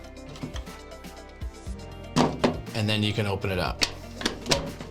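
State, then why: Seated. The plastic door of an Irritrol Rain Dial-R sprinkler controller cabinet is closed, and its latch catches with a sharp click at 4.5 s. Someone talks throughout, with a few other soft knocks before the latch clicks shut.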